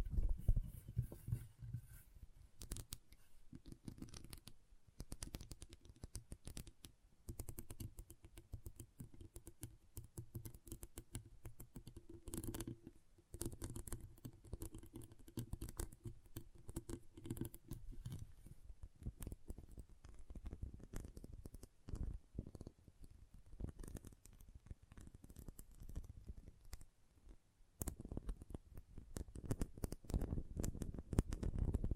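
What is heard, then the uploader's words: Intense magnetic tingles: a dense stream of fast, sharp clicks and taps runs the whole way, with a low rumbling hum underneath. The clicking thins briefly near thirteen seconds and again around twenty-eight, then returns louder and heavier toward the end. ASMR Intense Magnetic Tingles (No Talking).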